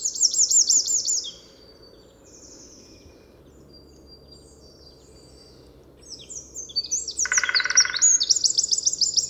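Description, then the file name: Eurasian wren song: a loud, rapid, high trilled burst at the start, a quiet pause, then a longer run of fast twittering notes with a brief harsh buzzy sound partway through. "Troglodytes troglodytes"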